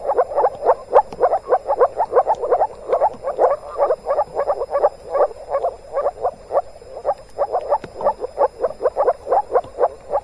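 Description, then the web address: Moor frogs giving low, muffled bubbling notes in distinct rapid bursts, several frogs overlapping in an even, pulsing rhythm. Calling in a moor in Germany, in spring. "moorfrosch. rufen jetzt die froesche im taevsmoor"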